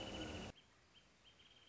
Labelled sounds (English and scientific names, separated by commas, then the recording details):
Wrentit (Chamaea fasciata)
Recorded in Sonoma County, California